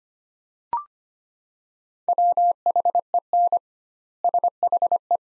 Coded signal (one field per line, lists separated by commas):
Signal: Morse code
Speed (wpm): 25 wpm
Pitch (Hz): 700 Hz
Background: none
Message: WHEN SHE